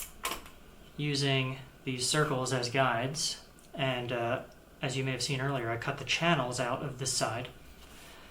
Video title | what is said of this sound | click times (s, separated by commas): A look at Levco's MonsterMac (in my "new" Macintosh 512ke) | So I forgot to record how the case mod works, but I'll show you that right now. It pops into place | 0.2 s